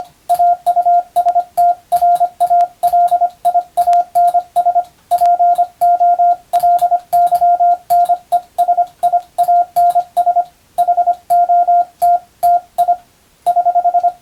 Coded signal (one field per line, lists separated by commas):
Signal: Morse code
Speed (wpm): 25 wpm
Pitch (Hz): 700 Hz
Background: radio noise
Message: AUSTRALIANS POLYNESIANS HOTTI <HH>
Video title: 無線従事者国家試験総合無線通信士電気通信術のトレーニングにＣＷを打ってみました。アマチュア無線ハムの受信練習にもどうぞ(morse code practice for radio operator )